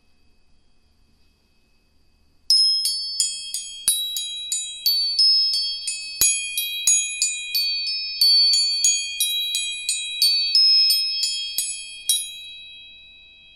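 Tuning forks are struck over and over, starting after about two and a half seconds of near silence. Bright, high metallic tones ring out in quick, fairly regular strikes roughly twice a second, overlapping into a sustained shimmer before fading after twelve seconds.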